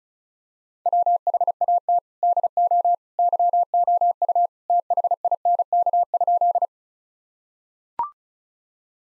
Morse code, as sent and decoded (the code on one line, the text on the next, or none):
.-- .... .- - / -.. --- / -.-- --- ..- / - .... .. -. -.- ..--..
WHAT DO YOU THINK?